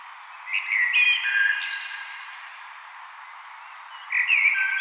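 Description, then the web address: Common blackbird song: a warbled fluty phrase with a squeaky high ending, then a pause and another phrase starting. "vogelstimmen amsel gesang nabu lars lachmann"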